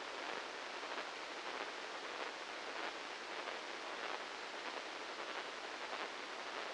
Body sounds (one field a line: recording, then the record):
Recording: brain microelectrode recording played as sound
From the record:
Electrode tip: inside the subthalamic nucleus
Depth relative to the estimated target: -2 mm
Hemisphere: left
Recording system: NeuroSet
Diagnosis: Parkinson's disease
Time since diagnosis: 15 years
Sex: male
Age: 65 years